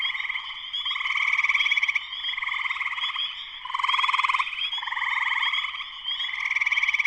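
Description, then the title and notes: Spring peepers in dense chorus, overlapping high peeping notes forming a steady shimmering wall of sound with recurring pulsing swells. Full chorus shortly after sunset, Sleeping Bear Dunes National Lakeshore, northern Michigan, USA. "Spring peepers (chorus frogs) in full chorus shortly after sunset in the Sleeping Bear Dunes National Lakeshore in northern Michigan, USA. Recorded by Darrin Wassom. Part of the Music for Sleep project"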